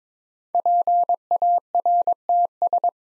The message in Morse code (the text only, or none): PARTS